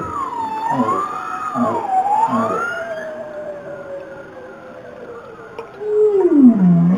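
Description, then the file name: Bowhead whale calls: a wavering, siren-like tone over low pulsed grunts, then a long, slowly falling moan ending in a loud, sharp downsweep. "Grenlandskiy kit (Balaena mysticetus)"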